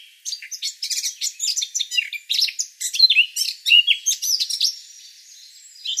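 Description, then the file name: Eurasian blackcap song: a dense run of quick chirps and scratchy twitters that quiets toward the end. "Sylvia atricapilla"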